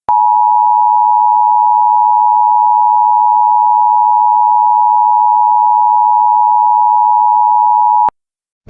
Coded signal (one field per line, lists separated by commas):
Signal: Emergency Alert System (SAME) tones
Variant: 853 and 960 Hz attention tone